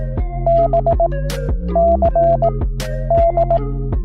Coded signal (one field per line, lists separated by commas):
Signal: Morse code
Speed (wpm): 18 wpm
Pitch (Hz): 680 Hz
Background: none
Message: B C D